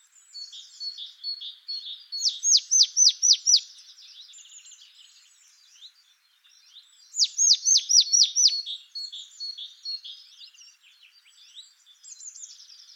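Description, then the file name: Marsh tit giving two rapid bursts of five or six sharp, downslurred high notes, about five seconds apart, over soft twittering. "Poecile palustris"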